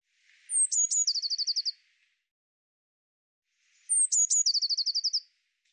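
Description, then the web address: Eurasian blue tit call, two phrases, each a couple of very high thin notes followed by a rapid trill, with quiet between. "cianscape birddata Deverinetal 2025 File cleaned normalized Bird Cy Ca"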